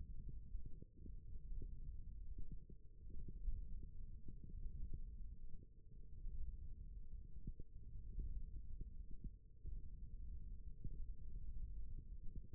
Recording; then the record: forearm muscle sounds (acoustic myography)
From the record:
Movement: thumb flexion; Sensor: system 1, eight BSWA MPA416 microphones around the upper forearm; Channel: 4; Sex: male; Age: 18 years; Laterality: right